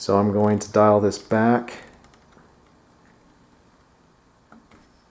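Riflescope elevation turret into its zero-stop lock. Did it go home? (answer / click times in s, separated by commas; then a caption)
yes / 4.5 s. Someone talks, then a Sig Sauer Tango 4 3-12x42 riflescope elevation turret is dialed back to zero with soft faint ticks. At 4.5 s it clicks into its zero-stop lockdown and seats, locking so it can no longer be rotated.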